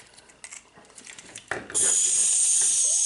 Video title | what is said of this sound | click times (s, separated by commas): Transformers WFC Kingdom Voyager Class Optimus Primal ll Figure Review Ep. 35 | so until you hear a bit of a click because that means they clicked into place as shoulder pads | 1.5 s